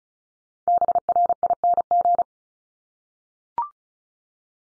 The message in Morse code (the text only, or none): BRING